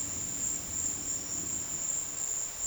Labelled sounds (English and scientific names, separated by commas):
none